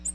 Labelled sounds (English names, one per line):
Ovenbird flight call